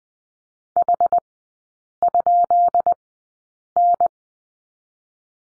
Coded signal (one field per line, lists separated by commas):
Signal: Morse code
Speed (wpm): 20 wpm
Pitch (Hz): 700 Hz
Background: none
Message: H?N